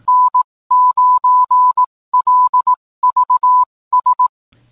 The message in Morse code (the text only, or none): N9LVS